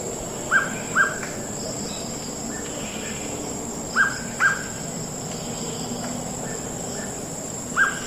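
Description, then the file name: Hooded pitta giving paired whistled notes a few times, over a constant high drone. "pitta sordida"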